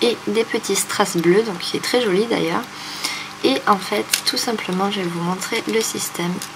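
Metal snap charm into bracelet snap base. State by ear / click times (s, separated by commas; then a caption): not seated / none. A metal snap charm with a small flower and little blue rhinestones is handled near a bracelet snap base while someone talks, with faint metallic handling sounds under the voice. Nothing has seated or clicked yet; the charm is not yet snapped in.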